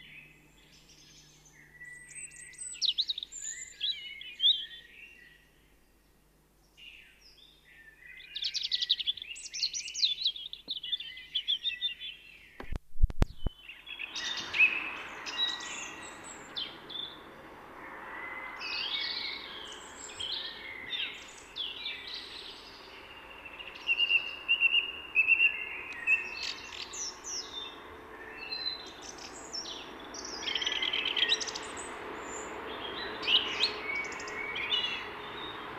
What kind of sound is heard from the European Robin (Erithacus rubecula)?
song